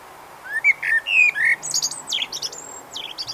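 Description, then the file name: Eurasian blackbird singing a brief rich whistled warble, then a scratchy, high-pitched chattering flourish with several sharp squeaks. "Turdus merula"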